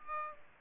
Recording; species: mosquito wingbeat signal from an infrared sensor; Aedes aegypti